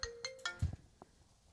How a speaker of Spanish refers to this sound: Disculpen, alguien me marcó por teléfono.